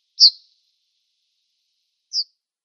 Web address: Schulze Peter Yellowhammer calls